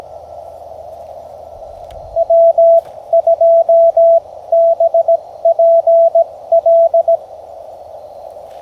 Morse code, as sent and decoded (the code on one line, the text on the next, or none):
.-- ..--- -... .--. .-..
W2BPL